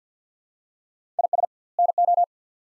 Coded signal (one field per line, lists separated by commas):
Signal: Morse code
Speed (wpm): 50 wpm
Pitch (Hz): 700 Hz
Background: none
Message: IS NO